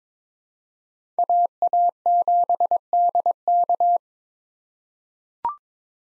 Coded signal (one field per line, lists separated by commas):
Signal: Morse code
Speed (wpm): 22 wpm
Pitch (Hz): 700 Hz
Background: none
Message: AA7DK